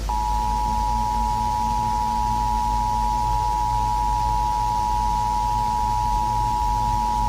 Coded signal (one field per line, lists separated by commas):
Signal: Emergency Alert System (SAME) tones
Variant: 853 and 960 Hz attention tone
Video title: EAS Scenario - C-PRIT (Part 4)